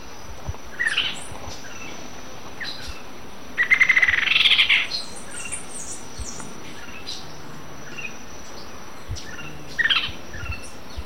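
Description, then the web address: Rufous-winged antwren giving one fast chattering trill of about a second, with brief sharp call notes before and after it against a quiet background. Recorded in Ecuador. "Birds of Ecuador. Rufous-winged Antwren"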